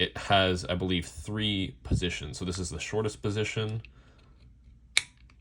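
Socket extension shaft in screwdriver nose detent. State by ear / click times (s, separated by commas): seated / 5.0 s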